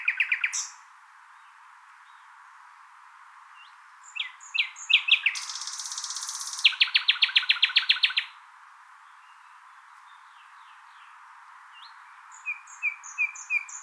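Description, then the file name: Common nightingale song with a brief rattle, a pause, varied chirps building into a buzzy high passage and a fast rattling trill, then soft piping notes. "Luscinia megarhynchos"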